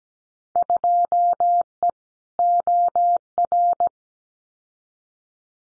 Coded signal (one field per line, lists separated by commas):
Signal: Morse code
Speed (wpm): 17 wpm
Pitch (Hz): 700 Hz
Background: none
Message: 2E OR